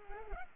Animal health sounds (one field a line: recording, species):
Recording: mosquito wingbeat signal from an infrared sensor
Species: Culex pipiens